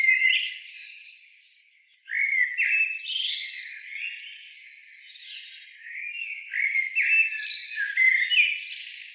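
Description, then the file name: Common blackbird with harsh, squeaky notes that fade to near silence, then a sudden loud resumption of rapid, jumbled chatter lasting to the end. "Turdus merula"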